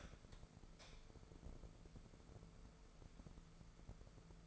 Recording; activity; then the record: daily activity, microphone in the room; light on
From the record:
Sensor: 5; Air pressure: 1014.6 hPa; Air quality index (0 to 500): 153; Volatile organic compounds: 4 ppm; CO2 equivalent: 1681 ppm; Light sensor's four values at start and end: 133/320/134/144 and 179/432/181/198